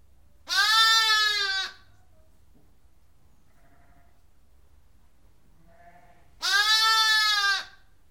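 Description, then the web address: Sheep: lamb bleating: two long, nasal, wavering bleats about six seconds apart, with quiet pauses between. "The BBC Sound Effects Library Livestock Lamb Bleating"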